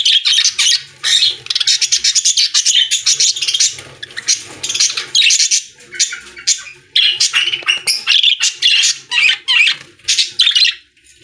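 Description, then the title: Budgerigar pouring out a continuous fast warble of rapid buzzy chirps and squeaks, barely pausing. "Budgie Sounds"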